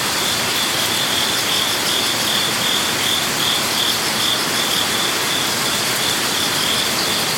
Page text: Zen Garden Night Crickets Japan 2. amb crickets water rush Zen Garden Kyoto Japan: Zen garden with water feature. Kyoto, Japan. Crickets, cicadas, light water rush